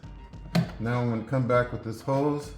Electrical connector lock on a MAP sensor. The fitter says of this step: lock it in place